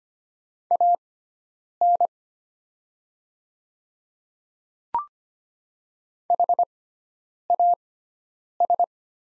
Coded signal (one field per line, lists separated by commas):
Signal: Morse code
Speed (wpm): 25 wpm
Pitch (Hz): 700 Hz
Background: none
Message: AN HAS